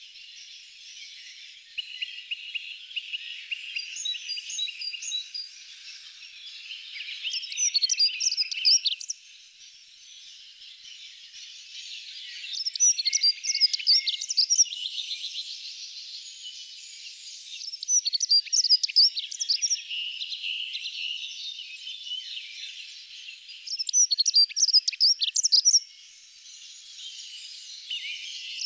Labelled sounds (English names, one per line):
Dunnock song